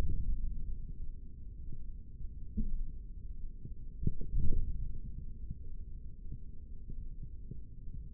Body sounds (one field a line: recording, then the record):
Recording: forearm muscle sounds (acoustic myography)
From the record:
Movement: index flexion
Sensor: system 3, bracelet of six PUI Audio POM-2738L microphones around the upper forearm, with dedicated amplification and filtering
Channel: 5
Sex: male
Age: 56 years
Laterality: right